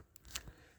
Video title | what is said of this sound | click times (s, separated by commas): 2021-X Zent Instructional Video - For Chausson Motorhomes | slotting it with pen or your fingernail just so it clicks in place just inside there | 0.2 s, 0.4 s